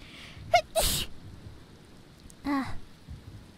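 A single ordinary sneeze: quick voiced inhalations, then one sharp, hissing sneeze burst and a brief vocal sound afterward.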